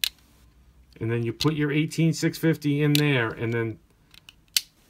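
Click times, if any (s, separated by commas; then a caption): 4.6 s. After someone talks, an 18650 cell sits in the plastic battery sled and the sled is pushed into a Lost Vape SKAR DNA75 box mod. A few faint ticks at about 4.2 and 4.3 s lead to a loud, sharp click at 4.6 s as the sled seats in place.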